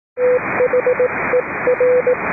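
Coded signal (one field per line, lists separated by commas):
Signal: Morse code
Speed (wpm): 18 wpm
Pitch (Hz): 500 Hz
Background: radio noise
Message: THER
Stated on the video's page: Net on 3.729 MHz, net control operating fully remote from aboard a boat.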